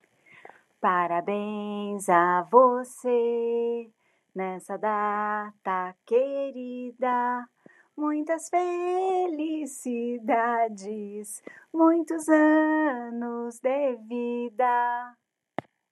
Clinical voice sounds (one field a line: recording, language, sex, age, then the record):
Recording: short text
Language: Brazilian Portuguese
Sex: female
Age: 50 to 59 years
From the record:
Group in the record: control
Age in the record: 57 years